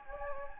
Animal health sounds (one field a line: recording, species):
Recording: mosquito wingbeat signal from an infrared sensor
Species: Anopheles gambiae